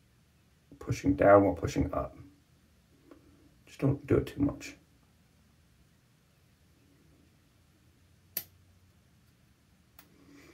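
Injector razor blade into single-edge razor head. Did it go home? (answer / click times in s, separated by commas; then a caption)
yes / 8.4 s. Someone talks while an injector-style steel blade is pushed into a modified OneBlade Genesis single-edge razor head, with a shim in front meant to keep it from going all the way in. A single sharp click at 8.4 s marks the blade seating fully into the holder anyway. A full seat is not wanted for this hack, so the blade may need readjusting.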